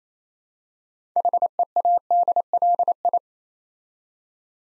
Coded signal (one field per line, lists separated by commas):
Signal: Morse code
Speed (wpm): 28 wpm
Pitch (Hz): 700 Hz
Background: none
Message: HEADLI